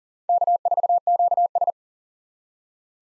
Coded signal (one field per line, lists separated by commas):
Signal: Morse code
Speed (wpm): 40 wpm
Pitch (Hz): 700 Hz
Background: none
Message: K4QS